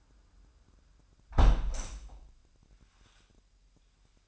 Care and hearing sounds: daily activity, microphone in the room; close window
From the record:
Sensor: 2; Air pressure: 998.3 hPa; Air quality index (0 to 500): 138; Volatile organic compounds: 4 ppm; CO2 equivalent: 1569 ppm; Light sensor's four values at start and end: 8/18/8/8 and 7/17/7/8

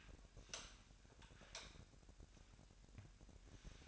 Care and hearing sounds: daily activity, microphone in the room; light on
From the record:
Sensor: 2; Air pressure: 1011.8 hPa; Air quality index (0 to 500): 216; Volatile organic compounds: 3 ppm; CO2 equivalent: 1520 ppm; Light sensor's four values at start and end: 12/27/12/12 and 16/45/19/19

